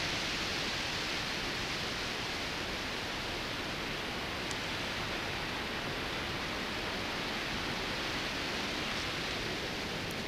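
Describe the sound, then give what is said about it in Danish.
Rain pours steadily while stormy wind blows through a forest, making a dense, unbroken hiss that stays loud and even for the whole stretch, with no voices. “Det regner, og det stormer.”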